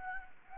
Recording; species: mosquito wingbeat signal from an infrared sensor; Anopheles gambiae